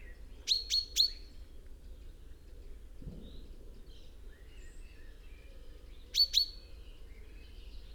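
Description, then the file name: Common chaffinch calling: a quick run of three sharp, high notes, a pause of several seconds, then two more. "Fringilla coelebs"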